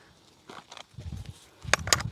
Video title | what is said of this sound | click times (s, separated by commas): BTALI 4HP 2200 HPW Commercial Pressure Washer Heavy Duty Car Washer Machine - Car Washing Machine | ये ऐसे ही same देखो इसको ऐसा ये पीछे ऐसा पुश करके ऐसा लगा लेना ये इजली लॉक हो गया ये देखो ये | 1.7 s, 1.9 s